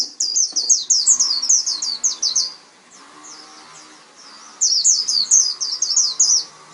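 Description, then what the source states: White-eye song: two rapid bursts of high, sweet chirping notes separated by a quiet gap of about two seconds. Pleci (white-eye); tutor recording (masteran) played so a pleci quickly opens its beak and starts singing.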